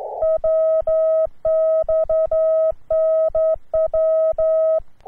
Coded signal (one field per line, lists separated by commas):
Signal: Morse code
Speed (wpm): 11 wpm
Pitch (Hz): 1280 Hz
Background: none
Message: WXNW